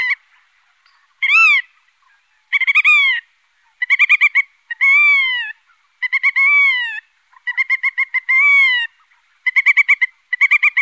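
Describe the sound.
Black-tailed godwit calls: drawn, arching nasal cries alternating with rapid stuttering bursts of short notes, given in uneven bouts.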